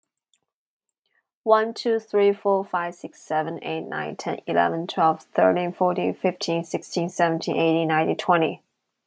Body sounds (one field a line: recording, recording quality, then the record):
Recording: counting at a normal pace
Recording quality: excellent, no background noise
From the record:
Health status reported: healthy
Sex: female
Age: 36 years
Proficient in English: yes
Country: United States